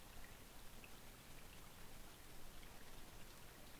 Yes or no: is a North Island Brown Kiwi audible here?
no